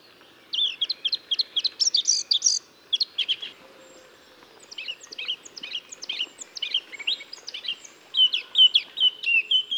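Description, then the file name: Eurasian blackcap giving bursts of scratchy, twittering warbling separated by short pauses, ending with a brief fluty phrase. "Sylvia atricapilla"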